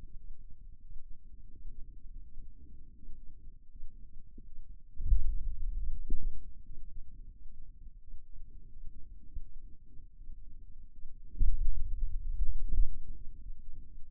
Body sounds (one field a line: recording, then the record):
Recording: forearm muscle sounds (acoustic myography)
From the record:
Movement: pen grasping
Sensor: system 2, bracelet of six BSWA MPA416 microphones around the upper forearm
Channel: 3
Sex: male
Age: 22 years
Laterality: right